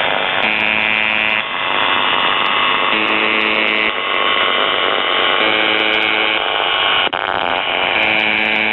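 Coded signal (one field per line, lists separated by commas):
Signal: channel marker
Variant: UVB-76 (The Buzzer)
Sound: harsh one-second buzzes repeating about every two and a half seconds, four in total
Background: radio static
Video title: The Buzzer/UVB-76(4625Khz) April 13th, 2023 Voice messages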